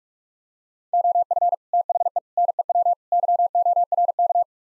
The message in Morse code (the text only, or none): OF THE NEW YORK